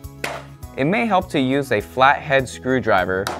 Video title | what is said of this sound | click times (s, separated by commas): How to Install Outside Mount Lifestyle Outdoor Motorized Shades | now just rotate the front of it down until you hear it click into place | 0.2 s